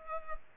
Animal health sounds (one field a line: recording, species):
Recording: mosquito wingbeat signal from an infrared sensor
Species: Culex pipiens